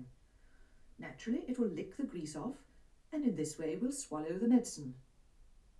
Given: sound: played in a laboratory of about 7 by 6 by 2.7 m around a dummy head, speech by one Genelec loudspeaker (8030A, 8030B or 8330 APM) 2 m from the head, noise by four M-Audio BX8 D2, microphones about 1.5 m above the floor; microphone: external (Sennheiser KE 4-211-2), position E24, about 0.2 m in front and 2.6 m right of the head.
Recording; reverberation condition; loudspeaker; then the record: female speech in English; low; 30 degrees to the left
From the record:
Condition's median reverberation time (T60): about 310 ms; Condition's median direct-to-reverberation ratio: about 3.5 dB